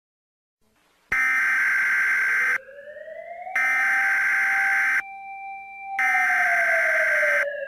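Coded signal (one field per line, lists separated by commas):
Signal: Emergency Alert System (SAME) tones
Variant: header bursts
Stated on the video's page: Fictional dinosaur-attack scenario, not a real alert.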